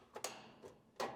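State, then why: Not seated. A plastic control console is being handled as it is pushed down onto the top of a Kenmore top-load washer's metal cabinet, with its locking tabs going toward the holes in the cabinet. Short handling knocks are heard near 0.2 s, 0.7 s and 1.0 s. Nothing has seated or locked yet.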